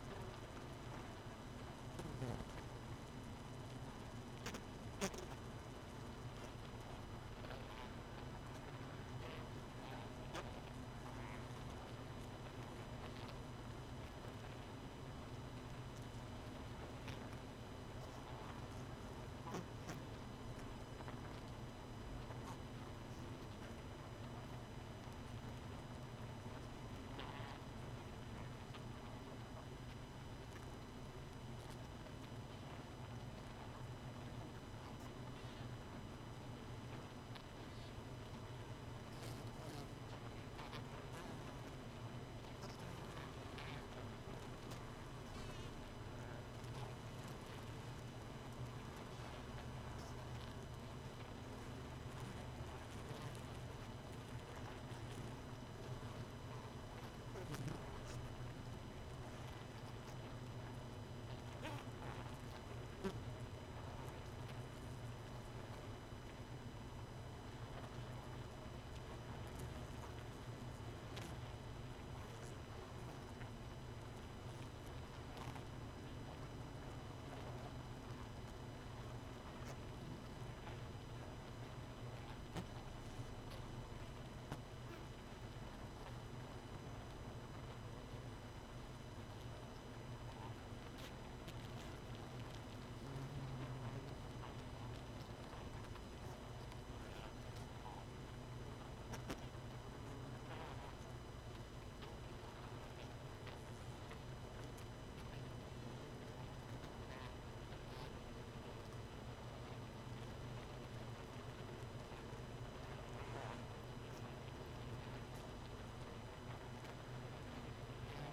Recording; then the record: honeybee colony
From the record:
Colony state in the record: missing queen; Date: 31 May 2018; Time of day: 0:35